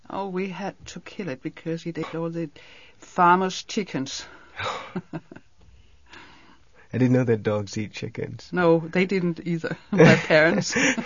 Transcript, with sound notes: Oh, we had to kill it because it ate all the farmers' chickens. (chuckling)
I didn't know that dogs eat chickens.
No. They didn't either, my parents.